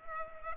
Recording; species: mosquito wingbeat signal from an infrared sensor; Culex pipiens